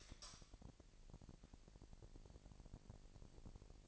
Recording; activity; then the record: daily activity, microphone in the room; light on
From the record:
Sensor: 5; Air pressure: 1002.0 hPa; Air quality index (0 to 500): 230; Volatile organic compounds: 32 ppm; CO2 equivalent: 2995 ppm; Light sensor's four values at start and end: 15/36/15/16 and 16/38/15/17